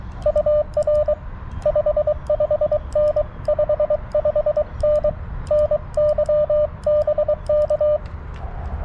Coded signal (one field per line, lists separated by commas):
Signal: Morse code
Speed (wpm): 23 wpm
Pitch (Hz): 600 Hz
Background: radio noise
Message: UR 55N 55N NY BK